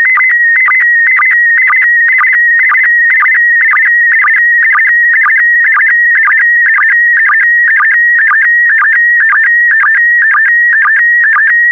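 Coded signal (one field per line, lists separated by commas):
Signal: SSTV (slow-scan television)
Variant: PD120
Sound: steady warbling high tone with rhythmic chirping sync ticks about twice a second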